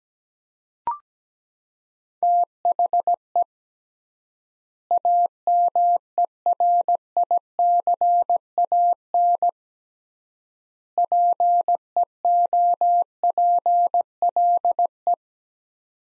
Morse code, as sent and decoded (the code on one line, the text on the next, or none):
- .... . / .- -- . .-. .. -.-. .- -. / .--. . --- .--. .-.. .
THE AMERICAN PEOPLE